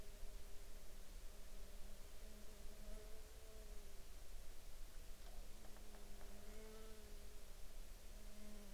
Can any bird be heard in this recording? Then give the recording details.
no. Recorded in the Arctic National Wildlife Refuge, Alaska, on 7 July 2019 at 00:01. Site 43